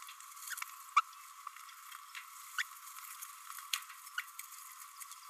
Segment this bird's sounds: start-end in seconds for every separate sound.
0.97-1.00, 2.58-2.62, 4.17-4.21